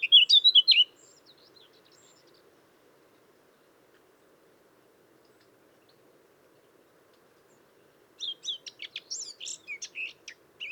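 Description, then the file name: Eurasian blackcap: short burst of quick warbling at the start, a long quiet gap, then a second scratchy, chattering phrase over the last few seconds. "Sylvia atricapilla"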